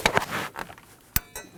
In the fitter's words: You'll hear a click when it's fully secures.